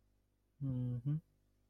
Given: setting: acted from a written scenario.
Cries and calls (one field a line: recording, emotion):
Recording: vocal sound without words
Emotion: sympathy